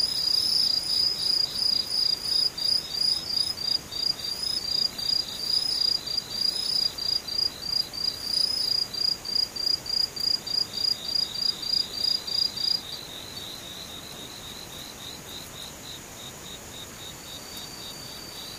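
Insects chirp in a fast, regular pulsing trill, high and bright. The strongest caller pulses loudly until about thirteen seconds, then drops away, leaving a softer, steadier chorus of other insects continuing beneath a faint hiss.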